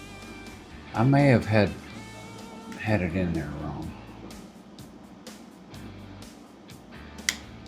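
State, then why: Seated. An upgrade part is re-seated and pushed all the way into a pistol frame while someone talks, followed by quieter handling sounds. A sharp, loud click at 7.3 seconds marks the part seating home.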